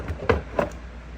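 The top hook of an inexpensive ductless mini split air conditioner's indoor head unit is hung onto the metal wall mounting plate. A sharp knock at 0.3 s marks the hook catching and seating on the plate, followed by a softer knock at 0.6 s. The unit ends up hanging seated on the plate.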